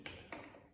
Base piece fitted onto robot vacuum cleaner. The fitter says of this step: ela vai fazer um clique, pronto,